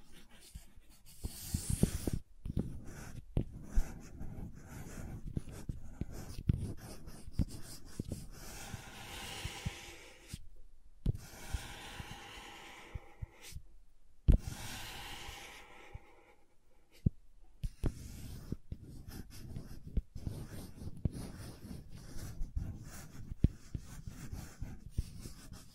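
Crayons scrape and scratch across paper in short, uneven strokes, with soft hissing drags between them. Sharp taps and clicks break in every few seconds, including clear knocks near 2, 11, 14 and 18 seconds. Between strokes there are brief near-silent pauses.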